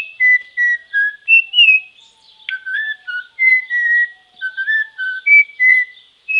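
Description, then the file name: Venezuelan troupial song: a long string of pure whistled notes, some level, some gently rising or falling, with brief pauses between phrases. "turpial"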